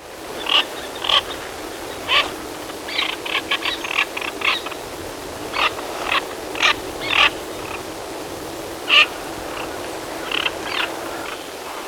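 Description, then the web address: Andean teal calls: short, harsh, buzzy notes given singly or in quick pairs and triplets at uneven intervals over a faint steady background hiss. Recorded in Ecuador. "Birds of Ecuador. Andean Teal"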